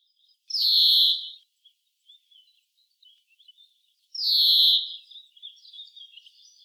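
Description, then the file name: European greenfinch: a buzzy, hoarse wheeze near the start and another after about four seconds, each followed by faint twittering notes. "Chloris chloris"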